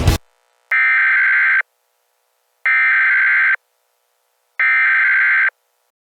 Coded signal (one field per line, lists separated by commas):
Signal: Emergency Alert System (SAME) tones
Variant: header bursts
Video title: EAS | The Attack II